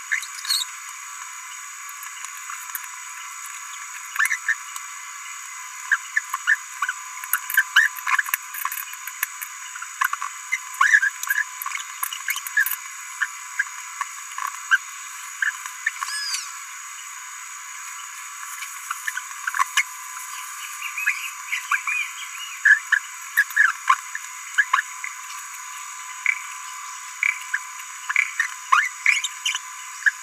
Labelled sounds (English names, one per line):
Green-rumped Parrotlet babbling